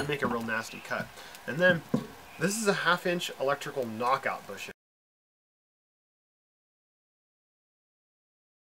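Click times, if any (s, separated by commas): none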